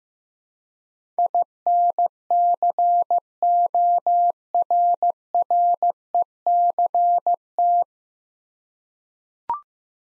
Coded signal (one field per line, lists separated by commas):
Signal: Morse code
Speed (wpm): 15 wpm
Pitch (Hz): 700 Hz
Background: none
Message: INCORRECT